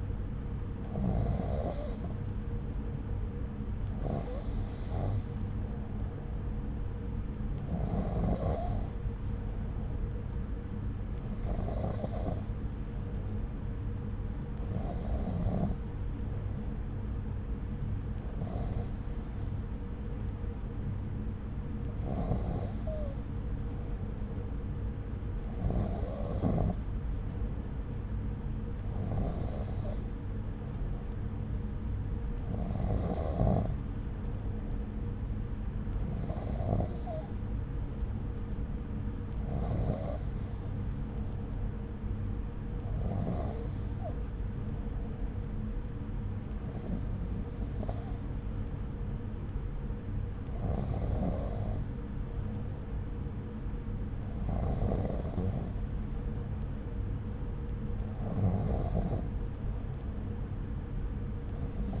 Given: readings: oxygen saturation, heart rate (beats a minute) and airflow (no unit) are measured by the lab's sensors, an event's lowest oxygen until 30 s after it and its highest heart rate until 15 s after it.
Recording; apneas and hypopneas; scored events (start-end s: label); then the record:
breathing in sleep by a smartphone at the bedside; none
none scored
From the record:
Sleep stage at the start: N2 (light sleep); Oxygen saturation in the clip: 93 to 94%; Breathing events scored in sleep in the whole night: 303 in 8.1 hours asleep